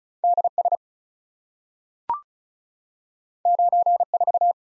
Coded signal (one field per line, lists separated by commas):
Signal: Morse code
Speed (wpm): 36 wpm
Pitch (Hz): 700 Hz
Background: none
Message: D S 9 4